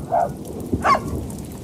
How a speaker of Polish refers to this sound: No i zobacz, znowu się rozpadało. Deszcz nam wejdzie do radia. I wiatr? I wiatr, tak, z wiatrem.